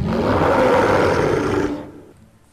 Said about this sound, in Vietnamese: Thiết Bối Long ba còn đang gầm rú với bọn họ, tự hồ rất phẫn nộ lũ quái hai chân quá giả hoạt và ác độc.